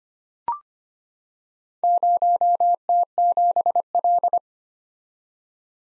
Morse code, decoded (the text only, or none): 0T7L